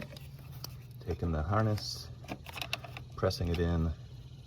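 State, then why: Not seated. On a 2010 Chevy Cobalt, the wiring harness connector is handled for plugging into the transmission control module during a replacement. Someone talks while short handling sounds tap and rattle underneath. Nothing has seated or clicked yet.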